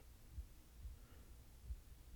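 Faint, soft low thumps of an adult heartbeat under a steady low hum.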